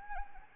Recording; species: mosquito wingbeat signal from an infrared sensor; Anopheles arabiensis